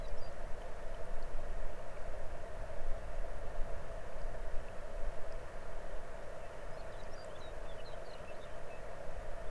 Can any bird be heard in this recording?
yes